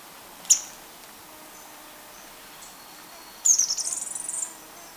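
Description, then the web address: Handsome Flycatcher giving a single sharp high note, then after a pause a quick, thin twittering series of high-pitched notes lasting about a second. Recorded in Ecuador. "Birds of Ecuador. Handsome Flycatcher"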